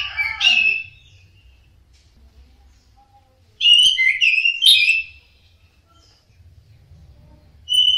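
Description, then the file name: Orange-headed thrush song of varied whistles and warbles, delivered in short phrases with silent gaps of a couple of seconds between them. Orange-headed thrush song in the ngeplong style. "anis merah ngeplong"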